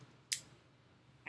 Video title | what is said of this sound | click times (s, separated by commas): iPad Pro and Apple Pencil | to stop you do this you put this back and make sure you hear a little click let me do this | 0.3 s